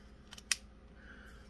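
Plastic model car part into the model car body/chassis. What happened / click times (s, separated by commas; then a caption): The plastic part snapped into place / 0.5 s. A plastic part of a Revell Ford GT Le Mans 2017 scale-model car kit is pressed into its mating spot on the model car body/chassis. Two faint ticks come at 0.3 s and 0.4 s, then one sharp click at 0.5 s as the part snaps into place. It is seated.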